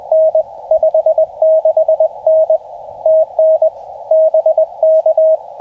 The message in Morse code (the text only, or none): N 56N TN BK